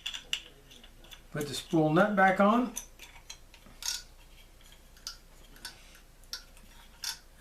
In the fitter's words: drops on locks into place